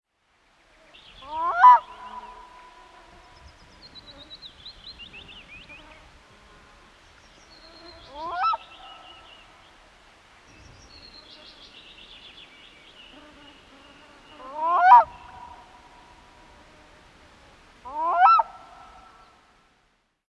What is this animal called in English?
Black-throated Loon